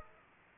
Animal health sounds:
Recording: mosquito wingbeat signal from an infrared sensor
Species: Aedes aegypti

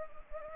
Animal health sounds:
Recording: mosquito wingbeat signal from an infrared sensor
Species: Anopheles arabiensis

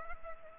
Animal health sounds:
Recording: mosquito wingbeat signal from an infrared sensor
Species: Culex pipiens

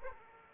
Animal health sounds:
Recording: mosquito wingbeat signal from an infrared sensor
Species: Aedes aegypti

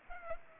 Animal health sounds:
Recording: mosquito wingbeat signal from an infrared sensor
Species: Culex pipiens

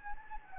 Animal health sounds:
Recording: mosquito wingbeat signal from an infrared sensor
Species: Anopheles gambiae

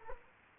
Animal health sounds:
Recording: mosquito wingbeat signal from an infrared sensor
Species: Culex quinquefasciatus

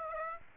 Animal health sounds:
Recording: mosquito wingbeat signal from an infrared sensor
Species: Aedes aegypti

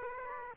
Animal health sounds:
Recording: mosquito wingbeat signal from an infrared sensor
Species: Aedes aegypti

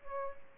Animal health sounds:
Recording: mosquito wingbeat signal from an infrared sensor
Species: Aedes aegypti

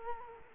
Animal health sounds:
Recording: mosquito wingbeat signal from an infrared sensor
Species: Culex quinquefasciatus

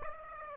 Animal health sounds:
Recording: mosquito wingbeat signal from an infrared sensor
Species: Aedes aegypti

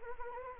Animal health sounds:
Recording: mosquito wingbeat signal from an infrared sensor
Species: Anopheles arabiensis

